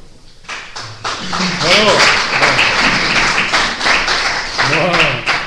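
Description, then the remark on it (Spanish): A crowd claps steadily for several seconds, a dense patter of many hands, while voices speak over the applause at moments. “Como decían, los viejetes, nos aplaude que esto no es un circo.”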